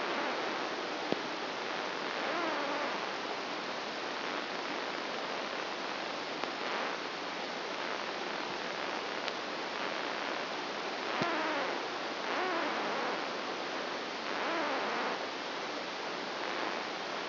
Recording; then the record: brain microelectrode recording played as sound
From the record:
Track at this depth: outside the subthalamic nucleus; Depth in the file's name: -0.31 mm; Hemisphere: right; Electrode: 2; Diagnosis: Parkinson's disease